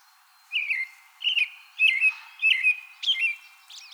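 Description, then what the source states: American robin song: five clear whistled caroling phrases, spaced roughly every two-thirds of a second. Recorded 2020-04-24.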